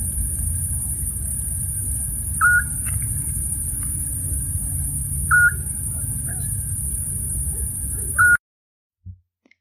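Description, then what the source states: Eurasian scops owl giving single short whistled notes spaced about three seconds apart, three in all, against constant hiss and low rumble before the sound cuts off. Nocturnal bird of prey recorded in Osona, Catalonia, Spain.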